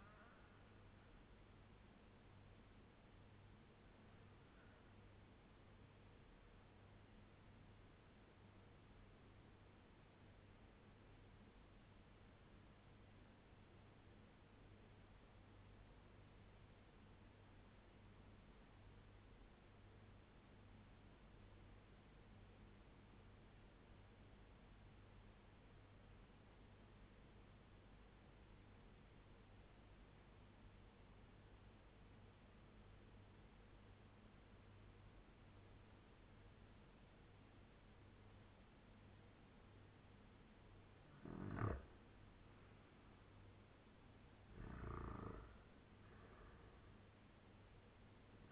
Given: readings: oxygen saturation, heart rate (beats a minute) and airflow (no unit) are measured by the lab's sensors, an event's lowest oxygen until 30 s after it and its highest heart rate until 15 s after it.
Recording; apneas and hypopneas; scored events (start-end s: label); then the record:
breathing in sleep by a voice recorder at the bedside; 1
3.00-42.80 s: obstructive apnea (REM, oxygen 96% highest, then 87% lowest, heart rate 78 at the start, 87 highest)
From the record:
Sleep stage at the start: REM sleep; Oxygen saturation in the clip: 85 to 96%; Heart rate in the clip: 75 to 87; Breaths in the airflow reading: 2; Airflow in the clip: -8.3 to 5.3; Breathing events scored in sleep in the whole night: 201 in 6.5 hours asleep